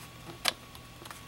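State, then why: Seated. A RAM memory module is inserted into a laptop SO-DIMM slot at about a 45-degree angle, then laid down under downward pressure until the side retaining clips snap over it. A sharp snap is heard at 0.5 s, followed by a fainter tick near 1.1 s against a quiet background. The module is seated.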